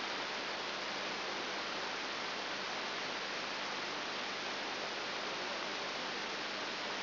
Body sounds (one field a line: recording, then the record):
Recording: brain microelectrode recording played as sound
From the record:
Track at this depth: inside the subthalamic nucleus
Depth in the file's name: 1.504 mm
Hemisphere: left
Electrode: 3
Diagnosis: Parkinson's disease